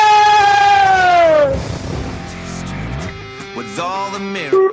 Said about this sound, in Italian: Oh, senti, il camion.